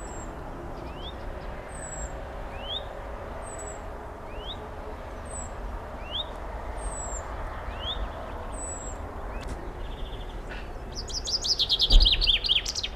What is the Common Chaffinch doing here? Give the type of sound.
song